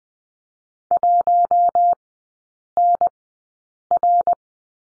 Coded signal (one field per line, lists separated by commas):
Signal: Morse code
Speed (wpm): 20 wpm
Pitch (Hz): 700 Hz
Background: none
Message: 1NR